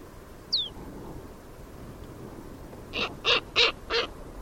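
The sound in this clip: Bird calls: one thin high descending note early, then four harsh, broad, caw-like notes in quick succession near the end over quiet background hiss.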